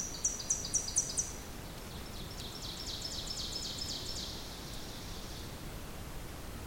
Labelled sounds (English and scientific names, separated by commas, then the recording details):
Ovenbird (Seiurus aurocapilla) song
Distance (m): 90 m
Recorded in boreal forest in Alberta, Canada, on 2 June 2016 at 06:42
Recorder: SongMeter 3, array SBT-3-7
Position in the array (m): 341 m, 105 m
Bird 44